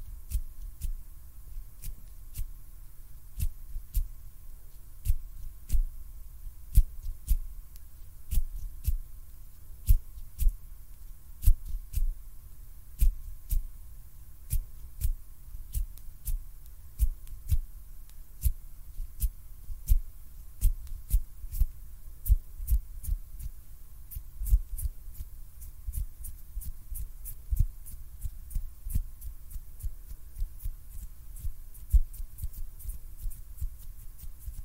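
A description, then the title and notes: Hand sounds: soft, irregular taps and pats, dull, repeating throughout over a low rumble and a faint steady hum. ASMR HAND SOUNDS NO TALKING.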